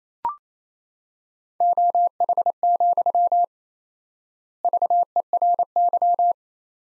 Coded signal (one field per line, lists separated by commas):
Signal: Morse code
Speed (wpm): 28 wpm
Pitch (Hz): 700 Hz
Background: none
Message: OH, VERY